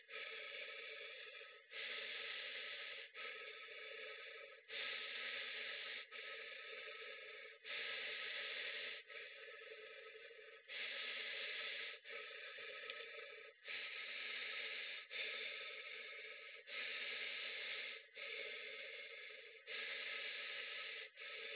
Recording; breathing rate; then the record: paced breathing near a phone; 20 breaths a minute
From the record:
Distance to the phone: 20 cm